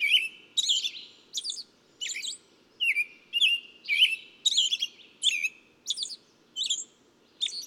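Bird song made of rapid chirps roughly twice a second, slurred and buzzy, continuing without a break; soft low background rumble.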